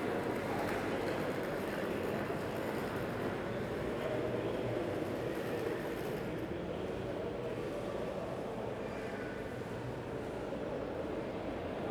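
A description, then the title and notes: A steady, dense rumble of a train at Newcastle's Central Station, with murmuring voices underneath and the upper hiss thinning after six seconds. All recorded at Newcastle's Central Station.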